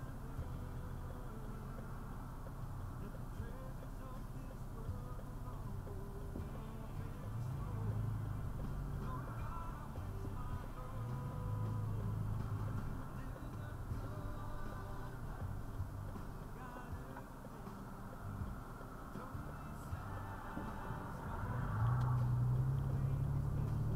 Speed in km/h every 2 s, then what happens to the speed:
0, 0, 0, 3, 5, 8, 6, 0, 0, 0, 5, 15.
0-5 standing. 5-10 pulls away to 8. 10-14 slows to 0. 14-19 standing. 19-24 pulls away to 15.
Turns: none.